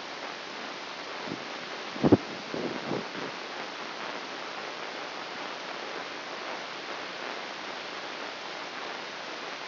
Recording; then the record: brain microelectrode recording played as sound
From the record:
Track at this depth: inside the subthalamic nucleus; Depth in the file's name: 6.105 mm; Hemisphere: left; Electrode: 3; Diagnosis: Parkinson's disease